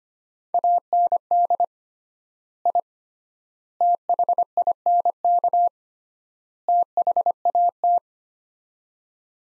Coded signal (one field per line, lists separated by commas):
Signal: Morse code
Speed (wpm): 25 wpm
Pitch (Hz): 700 Hz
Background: none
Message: AND I THINK THAT